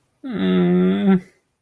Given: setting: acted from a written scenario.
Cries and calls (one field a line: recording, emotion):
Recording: vocal sound without words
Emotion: sadness